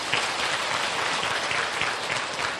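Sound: audience applause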